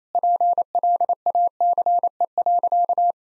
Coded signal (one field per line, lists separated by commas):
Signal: Morse code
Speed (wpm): 28 wpm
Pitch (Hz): 700 Hz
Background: none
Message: PLACE.